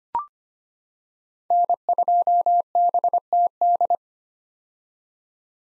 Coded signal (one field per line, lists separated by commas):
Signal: Morse code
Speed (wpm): 25 wpm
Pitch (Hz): 700 Hz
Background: none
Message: N2BTD